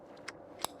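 A plastic side-release buckle on the strap of a PGYTECH ONE ST PRO camera backpack is clipped together into its strap receiver. Two sharp clicks are heard at 0.3 s and 0.6 s, the second louder and brighter. The buckle seats with a satisfying click.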